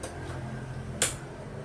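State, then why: Seated. A loaded bobbin case, with its threads drawn out, is pushed into the hook/shuttle of a sewing machine. It gives a sharp, bright click at 1.0 s that locks it in place, over a low steady hum, with a faint tick near the start.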